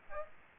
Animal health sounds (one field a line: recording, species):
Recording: mosquito wingbeat signal from an infrared sensor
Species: Aedes aegypti